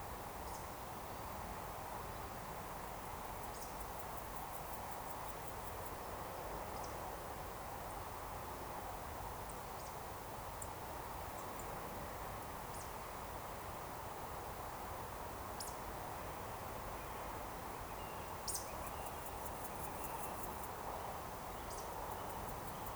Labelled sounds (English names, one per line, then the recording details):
Eurasian Woodcock
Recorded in Baden-Württemberg, Germany, on 28 June 2020 at 19:29 UTC
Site 43791, 788 m above sea level